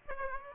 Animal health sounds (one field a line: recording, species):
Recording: mosquito wingbeat signal from an infrared sensor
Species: Aedes aegypti